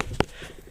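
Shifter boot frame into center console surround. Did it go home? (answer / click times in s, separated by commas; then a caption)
yes / 0.2 s. A shifter boot, a plastic frame with leather or rubber, is pushed up into the center console trim opening during a manual conversion. A sharp click at 0.2 s stands out over low background noise. The boot frame clips into place and is seated.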